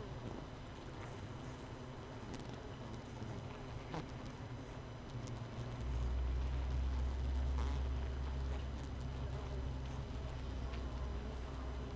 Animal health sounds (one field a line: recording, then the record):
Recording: honeybee colony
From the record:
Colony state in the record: missing queen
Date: 31 May 2018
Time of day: 5:34